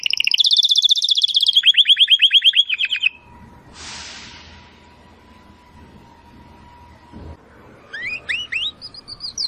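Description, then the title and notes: Domestic canary song of quick rattling trills for three seconds, followed by near silence with a faint steady hum and a short burst of rising notes at the end. Belgian canary singing; labelled "Campainha". "Canário Belga Campainha Canary Singing. Canario Belga Cantando"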